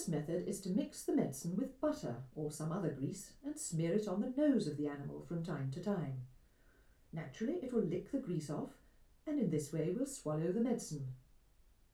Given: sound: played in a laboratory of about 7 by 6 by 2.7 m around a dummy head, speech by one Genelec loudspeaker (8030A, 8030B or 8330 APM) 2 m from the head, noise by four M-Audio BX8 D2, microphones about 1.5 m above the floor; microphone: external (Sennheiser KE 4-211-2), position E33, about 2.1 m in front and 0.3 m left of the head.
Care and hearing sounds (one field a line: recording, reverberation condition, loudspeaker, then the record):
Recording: female speech in English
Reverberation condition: low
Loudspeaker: 60 degrees to the left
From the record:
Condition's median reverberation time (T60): about 310 ms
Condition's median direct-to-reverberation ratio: about 3.5 dB